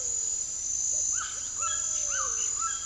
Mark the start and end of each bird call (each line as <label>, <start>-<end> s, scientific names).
Patagioenas cayennensis, 0.00-2.86 s
Ramphastos tucanus, 0.00-2.86 s